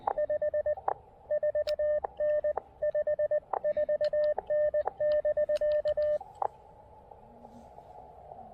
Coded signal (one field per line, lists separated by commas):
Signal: Morse code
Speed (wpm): 19 wpm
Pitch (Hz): 590 Hz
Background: radio noise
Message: 54N 54N <BK>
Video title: Saturday Morning POTA Activation 1: Pairing the KX2 and AX1 at South Mountains State Park